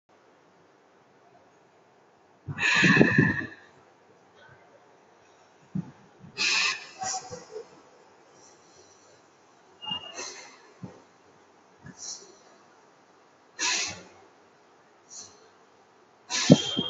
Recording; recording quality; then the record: deep breathing; excellent, no background noise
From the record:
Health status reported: COVID-19 positive, mild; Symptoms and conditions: cough, cold, sore throat, fever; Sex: female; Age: 23 years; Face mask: not worn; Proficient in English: yes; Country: India